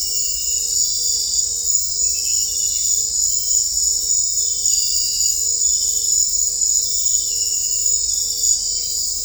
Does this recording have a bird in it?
no